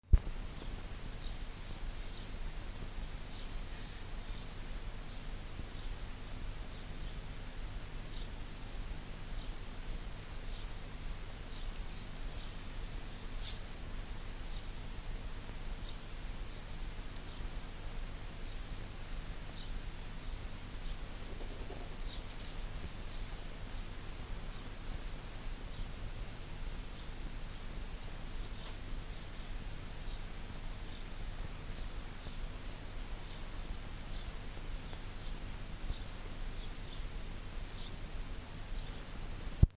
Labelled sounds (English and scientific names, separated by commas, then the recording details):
Arctic Fox (Vulpes lagopus) whimpering, House Sparrow (Passer domesticus)
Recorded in captivity
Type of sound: whimpering
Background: Passer domesticus
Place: Zoologisches Institut der HUB, Berlin, DE
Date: 1958-03-25 17:30
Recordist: Tembrock, Günter
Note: Fuchsanlage: "Teddy": Muckern